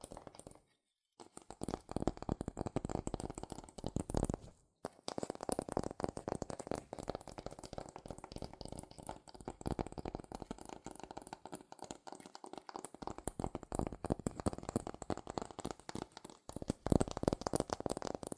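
Fast tapping and scratching on cardboard and paper, a dense run of quick, crisp hits and scraping strokes. The sound stops briefly near one second and again around 4.5 seconds, then continues steadily to the end, with a louder burst near 17 seconds.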